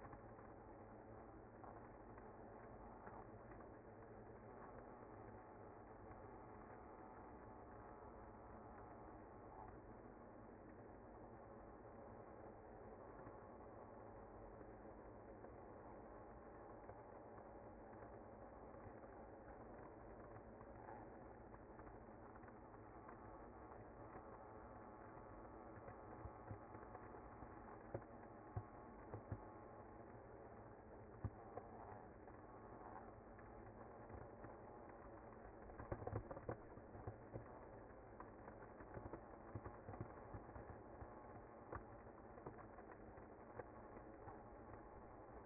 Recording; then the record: honeybee colony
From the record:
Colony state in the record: active